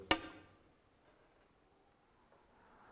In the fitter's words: до щелчка и у здесь возможно быть 90 градусов основную руку на руки нужно держать так